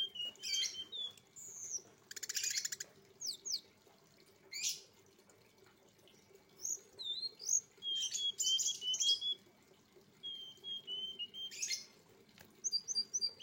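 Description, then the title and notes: Streaked spiderhunter song of high, scratchy chirps, harsh rasping bursts and brief whistled notes, coming in uneven clusters with quiet gaps. Indonesian training recording for cage birds; described as a bird singing actively, clear and long. "Pijantung Gunung Gacor Jernih Panjang. Masteran burung"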